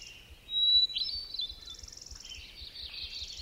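Hermit thrush phrase, one clear whistled note and a brief fluty flourish, followed by softer trailing notes over a steady hiss and low rhythmic thumps.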